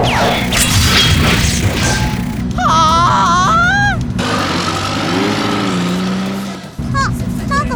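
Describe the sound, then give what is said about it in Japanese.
A loud burst of crashing, splintering impacts rings out as a signboard blocking the road at a road closure is smashed apart, followed by warbling, wavering electronic tones and a low humming drone. “道を塞いでいるあの邪魔な看板ぶち壊しておしまいなさい。”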